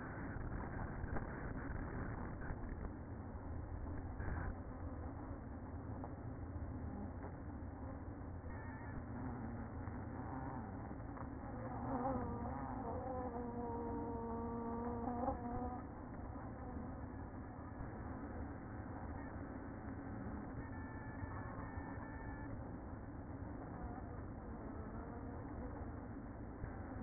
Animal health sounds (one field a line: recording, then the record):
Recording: honeybee colony, microphone inside the hive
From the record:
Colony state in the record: queen present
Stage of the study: after two queens were removed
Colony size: about 60,000 bees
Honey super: yes